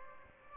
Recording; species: mosquito wingbeat signal from an infrared sensor; Aedes albopictus